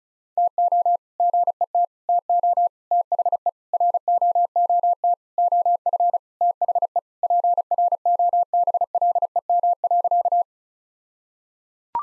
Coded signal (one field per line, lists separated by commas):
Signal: Morse code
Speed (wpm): 34 wpm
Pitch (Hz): 700 Hz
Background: none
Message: TO GET TO THE ROOT OF THE PROBLEM.